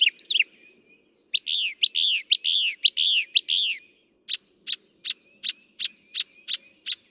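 Northern mockingbird song with a rising-falling whistled note, a rapid buzzy series of repeated phrases, then evenly spaced sharp clicks about every third of a second.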